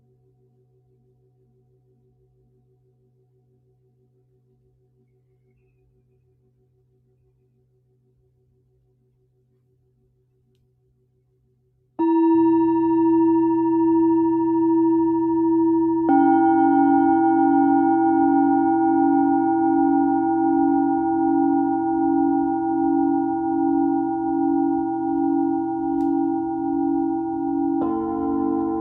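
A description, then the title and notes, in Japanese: Singing bowls for sound healing: the first twelve seconds hold only a very faint low hum. Then a loud bowl tone enters abruptly and sustains, with a second, higher bowl joining around sixteen seconds, its pulsing waver steady, and another shift near twenty-eight seconds. メキシコから シンギングボウルのサウンドヒーリング ライブ。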